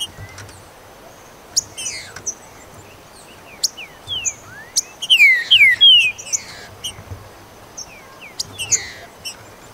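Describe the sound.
Green-winged saltator song: one clear phrase of rich downslurred whistles around five to six seconds, with scattered high thin chirps and ticks throughout.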